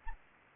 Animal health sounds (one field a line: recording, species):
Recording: mosquito wingbeat signal from an infrared sensor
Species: Anopheles gambiae